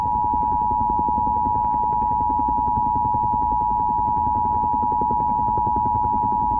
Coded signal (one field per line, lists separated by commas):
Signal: Emergency Alert System (SAME) tones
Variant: 853 and 960 Hz attention tone